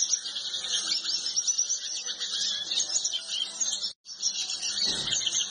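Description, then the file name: Yellow-bellied siskin song, rapid high chattering twitter continuing steadily, briefly broken before a final burst, with one low thud. "canto do pintassilgo de barriga amarela"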